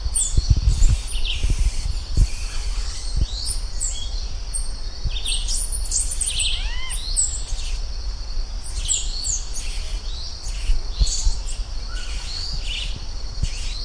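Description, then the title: Bird chirping with many bright high notes and a few descending whistles, over a steady low rumble. "LuckyPassaro Completos2Sama"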